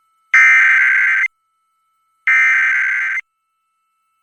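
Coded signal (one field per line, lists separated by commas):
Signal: Emergency Alert System (SAME) tones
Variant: header bursts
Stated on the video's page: EAS required weekly and monthly tests.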